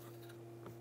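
A variable valve timing solenoid on a 2011-2018 Ram 1500 is handled as it is slid toward its bore in the engine, over a steady low hum with faint rubbing and a brief soft sound near 0.7 s. Nothing has seated or clicked yet; the clip ends before the solenoid pops into place.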